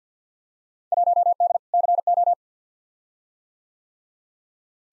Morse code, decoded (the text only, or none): 1D CO